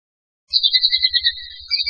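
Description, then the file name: Bull-headed shrike call: a high, rapidly pulsed call that starts abruptly and runs on for about a second and a half. "mozu"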